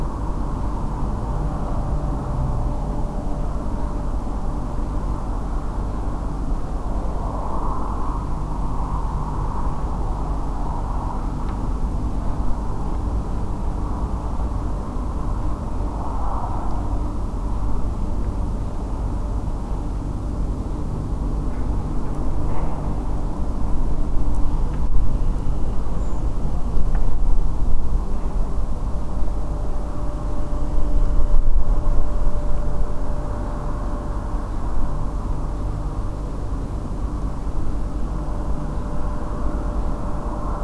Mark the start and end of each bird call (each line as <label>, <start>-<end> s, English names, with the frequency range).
Redwing (6.7-7.9 kHz), 26.00-26.20 s